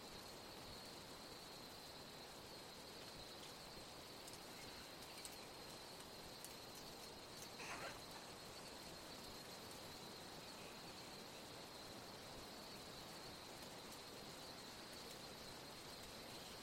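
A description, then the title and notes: Grey-headed flying foxes chatter in a dense, steady bed of high squeaks and clicks, with one brief louder flutter near eight seconds. Twilight is descending and a colony of Grey-Headed Flying Foxes chatter happily.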